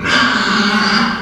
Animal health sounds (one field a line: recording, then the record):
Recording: squeal of a Yucatan mini pig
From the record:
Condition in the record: after surgery on the right vocal fold (resection and tissue-engineered implant)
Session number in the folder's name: 15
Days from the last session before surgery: 175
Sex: female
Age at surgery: 19 weeks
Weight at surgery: 25 kg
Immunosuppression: prednisolone